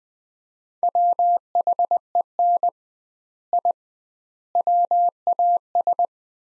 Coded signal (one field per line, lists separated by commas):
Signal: Morse code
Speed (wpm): 20 wpm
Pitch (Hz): 700 Hz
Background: none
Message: WHEN I WAS